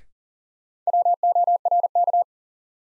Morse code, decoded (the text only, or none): WORK